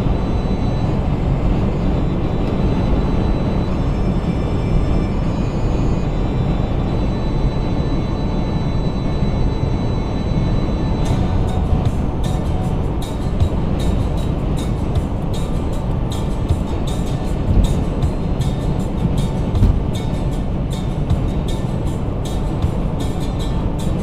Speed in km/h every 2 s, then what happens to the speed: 153, 153, 150, 150, 148, 145, 142, 140, 145, 145, 143, 143.
0-14 slows to 140. 14-24 steady at about 143.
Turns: none.